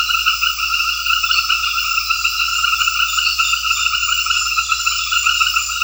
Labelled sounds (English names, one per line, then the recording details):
none
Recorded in secondary vegetation near Puerto Asís, Putumayo, Colombia, on 9 March 2025 at 20:00
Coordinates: 0.498, -76.327
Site G001